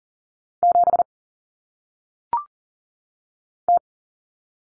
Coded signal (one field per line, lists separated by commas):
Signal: Morse code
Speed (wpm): 39 wpm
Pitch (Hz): 700 Hz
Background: none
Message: 7 T